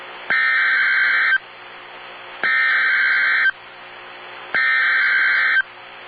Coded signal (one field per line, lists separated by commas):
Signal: Emergency Alert System (SAME) tones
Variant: header bursts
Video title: EAS #172 Child Abduction Emergency